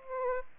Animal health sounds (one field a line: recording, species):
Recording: mosquito wingbeat signal from an infrared sensor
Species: Aedes aegypti